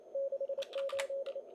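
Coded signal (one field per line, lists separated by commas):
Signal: Morse code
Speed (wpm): 32 wpm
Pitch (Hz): 560 Hz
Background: none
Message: 68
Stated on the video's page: Live contest operation in the 2020 ARRL CW Sweepstakes, running stations on 40 meters on Saturday evening.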